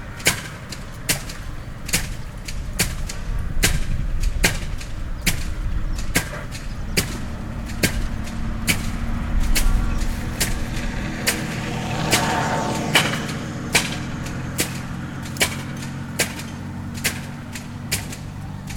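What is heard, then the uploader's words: A self-made machine bangs beans with sharp, crisp knocks that repeat at a steady pace, roughly once or twice a second throughout. Beneath them runs a low, rumbling motor drone, with a steady hum that rises partway through and a brief rushing swell around the middle. Roadside. Banging beans. Self-made machine.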